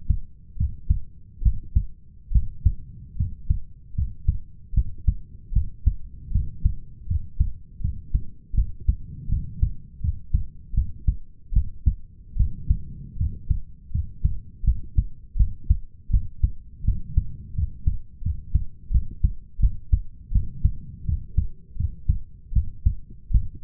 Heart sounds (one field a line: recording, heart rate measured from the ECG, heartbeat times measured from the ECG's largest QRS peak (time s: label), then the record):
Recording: heart sounds by stethoscope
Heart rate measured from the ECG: 79 bpm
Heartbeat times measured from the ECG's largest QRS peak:
0.57 s: heartbeat
1.42 s: heartbeat
2.32 s: heartbeat
3.17 s: heartbeat
3.95 s: heartbeat
4.74 s: heartbeat
5.53 s: heartbeat
6.32 s: heartbeat
7.07 s: heartbeat
7.81 s: heartbeat
8.54 s: heartbeat
9.29 s: heartbeat
10.01 s: heartbeat
10.74 s: heartbeat
11.53 s: heartbeat
12.36 s: heartbeat
13.17 s: heartbeat
13.91 s: heartbeat
14.64 s: heartbeat
15.36 s: heartbeat
16.10 s: heartbeat
16.84 s: heartbeat
17.55 s: heartbeat
18.22 s: heartbeat
18.91 s: heartbeat
19.60 s: heartbeat
20.32 s: heartbeat
21.05 s: heartbeat
21.76 s: heartbeat
22.53 s: heartbeat
23.31 s: heartbeat
From the record:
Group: healthy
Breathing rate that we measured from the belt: 17 breaths a minute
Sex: male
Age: 21 years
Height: 170 cm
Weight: 71 kg